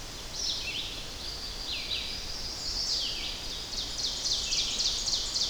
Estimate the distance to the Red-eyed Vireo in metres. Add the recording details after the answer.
about 55 m. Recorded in boreal forest in Alberta, Canada, on 10 June 2016 at 07:09. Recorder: SongMeter 3, array SBT-3-39. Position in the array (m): 200 m, 128 m